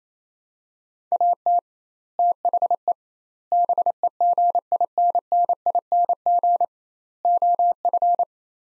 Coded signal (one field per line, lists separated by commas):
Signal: Morse code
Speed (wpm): 28 wpm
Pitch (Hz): 700 Hz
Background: none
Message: AT THE BEGINNING OF